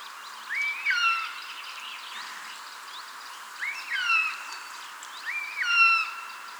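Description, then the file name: Eurasian jay calling with upswept, bending tonal mews, three calls a couple of seconds apart, soft background birdsong. "Garrulus glandarius"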